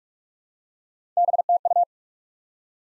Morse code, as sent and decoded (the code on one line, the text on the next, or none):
-... - ..-
BTU